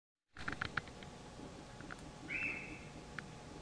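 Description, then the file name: Deer call: one brief, flat whistled note, preceded by a few soft clicks and taps, over low background noise. Recorded 22 November 2023 at 19:39. "deer 231122 1939"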